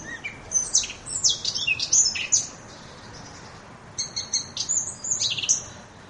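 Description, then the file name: Eurasian blackcap warbling two phrases of bright, scratchy high notes separated by a quiet gap of about a second and a half. "moenchsgrasmuecke"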